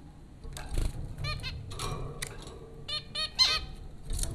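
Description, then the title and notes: Zebra finch nasal honking chirps, several short spaced bursts over a faint low hum. Zebra finches recorded at Popcorn School, Flatbush, Brooklyn, New York, in April 2009. "Dronecast No. 030: The Popcorn Finches Four from Apr 15, 2009. Zebra finches recorded at Popcorn School, Flatbush, Brooklyn NY in April 2009"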